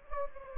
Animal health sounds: mosquito wingbeat signal from an infrared sensor; Anopheles gambiae

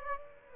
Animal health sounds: mosquito wingbeat signal from an infrared sensor; Aedes aegypti

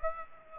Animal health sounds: mosquito wingbeat signal from an infrared sensor; Aedes aegypti

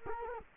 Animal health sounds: mosquito wingbeat signal from an infrared sensor; Culex quinquefasciatus

